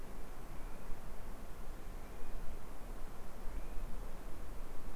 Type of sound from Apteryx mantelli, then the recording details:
male call. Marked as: faintness 4/5. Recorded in New Zealand on 2 November 2013. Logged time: 20:59. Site CV71